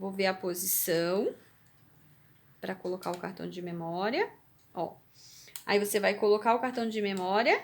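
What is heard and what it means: A microSD memory card is handled at the card slot of a Pure Sound JB 930 wireless headphone while someone talks throughout, with brief soft handling noises between the speech. The card has not seated or clicked into the slot yet.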